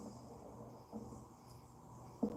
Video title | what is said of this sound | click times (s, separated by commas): Lydia is live, European 4 in 1 Chain mallie Beginner part 2 tutorial On 8/1/2025 | Until it clicks. You just rock it a little bit until it clicks. | 2.2 s